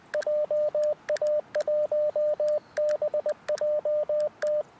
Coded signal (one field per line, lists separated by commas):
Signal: Morse code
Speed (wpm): 20 wpm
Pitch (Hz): 610 Hz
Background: radio noise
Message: JA1BJT